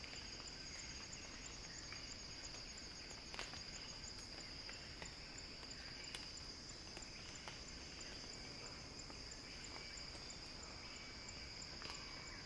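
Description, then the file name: Cicadas, a continuous shrill drone with scattered soft ticks and clicks throughout. Cicada song building as a crescendo. "earth-fm Axel-Drioli Cicada-Crescendo-Sounding-Wild"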